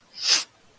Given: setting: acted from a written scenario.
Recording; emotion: vocal sound without words; guilt